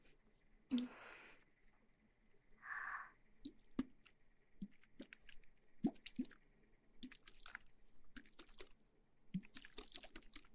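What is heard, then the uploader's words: Water sloshes in a bottle in brief wet bursts, the loudest near one second and again around three seconds. Between them come soft squishy rubbing and small clicks and taps, scattered irregularly, with a faint steady hum underneath throughout. ASMR Shaking water bottle & Ear massage.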